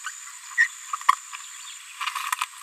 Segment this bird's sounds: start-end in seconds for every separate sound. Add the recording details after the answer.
0.06-0.12, 0.57-0.69, 0.93-0.97, 1.07-1.14, 2.00-2.10. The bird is a female. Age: 26 days. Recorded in a nest box in Venezuela. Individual 17B73B3